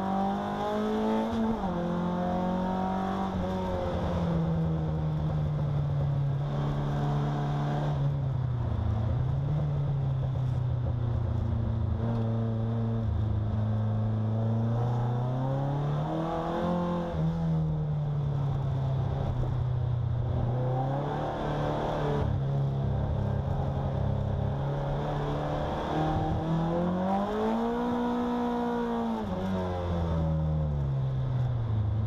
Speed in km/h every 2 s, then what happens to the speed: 99, 100, 81, 81, 59, 49, 45, 59, 63, 51, 59, 57, 64, 75, 82, 59.
2-11 brakes to 45. 11-15 speeds up to 63. 15-18 slows to 51. 18-26 speeds up to 75. 28-32 brakes to 59.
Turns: 7-15, 15-26.